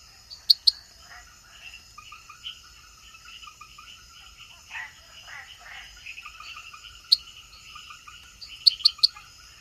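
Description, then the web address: Treefrog calls as sharp, loud clicks, some doubled, standing out over a dense chorus of steady high insect trills and softer chirping calls. Recorded in the Ecuadorian Amazon. "Natures Songs. Frogs of Ecuadorian Amazon Hyla reveroi"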